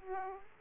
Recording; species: mosquito wingbeat signal from an infrared sensor; Aedes aegypti